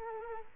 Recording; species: mosquito wingbeat signal from an infrared sensor; Culex quinquefasciatus